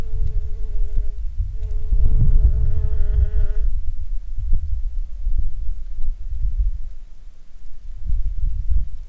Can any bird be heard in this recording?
yes